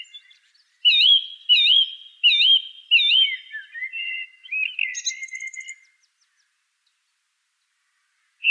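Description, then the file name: Song thrush song: a loud looping whistled phrase repeated four times, then lower warbles and a brief high rattle, fading into silence. "suara-kicauan-burung-song-thrush -omkicau"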